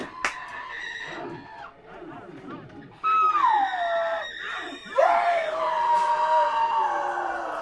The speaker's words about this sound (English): I can only hear the tortured scream of the hellbound.